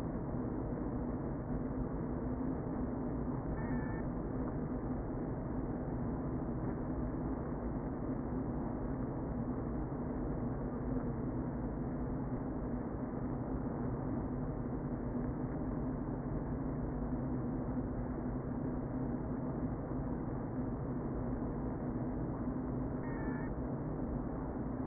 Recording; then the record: honeybee colony, microphone inside the hive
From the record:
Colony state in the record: queen present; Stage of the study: before two queens were removed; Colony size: about 60,000 bees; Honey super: yes